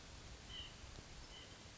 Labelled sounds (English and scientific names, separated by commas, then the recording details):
White-breasted Nuthatch (Sitta carolinensis)
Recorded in Sonoma County, California